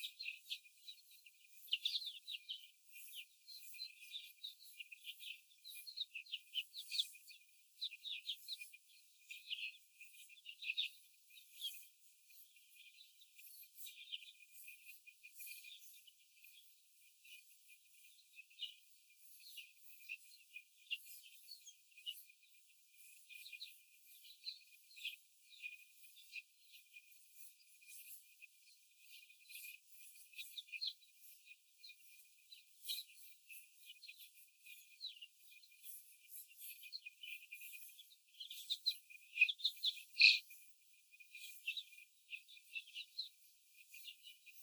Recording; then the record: young laying hens in a cage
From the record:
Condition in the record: after the stressor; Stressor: simulated dog barking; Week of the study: 4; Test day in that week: 1